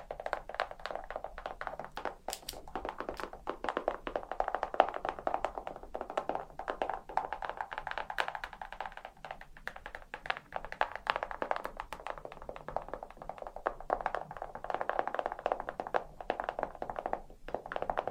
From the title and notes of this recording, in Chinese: 指甲敲击。